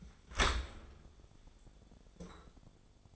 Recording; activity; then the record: daily activity, microphone in the room; open dishwasher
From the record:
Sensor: 5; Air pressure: 1015.1 hPa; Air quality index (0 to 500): 159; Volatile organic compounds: 5 ppm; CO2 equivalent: 1719 ppm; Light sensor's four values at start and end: 37/87/36/38 and 39/91/37/39